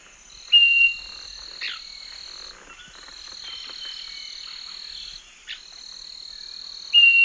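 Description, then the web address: Scaly-breasted Wren giving clear single whistles, one near the start and one at the end over six seconds apart, against a continuous buzzing insect chorus. Song; eastern lowlands of South America. "Natures Songs S America Eastern Lowlands Microcerculus marginatus, song"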